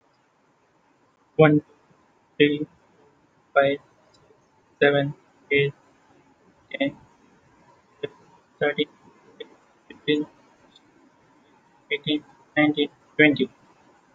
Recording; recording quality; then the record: counting at a normal pace; excellent, no background noise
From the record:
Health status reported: healthy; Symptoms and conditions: none ticked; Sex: male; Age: 25 years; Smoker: not ticked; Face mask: not worn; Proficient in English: yes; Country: India